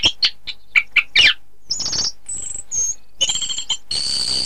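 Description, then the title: Thrush song opening with quick bright chirps, followed by buzzy notes and thin, high sustained whistles. "Suara Burung Anis"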